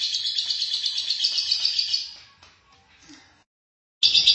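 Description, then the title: Lovebird giving a harsh, rapid twittering chatter for two seconds, then scattered softer notes, a short pause, and another burst of chatter. "BM Suara Burung Lovebird"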